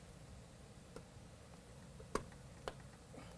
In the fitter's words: will lock into place you can just give them a turn you can feel that it's locked in and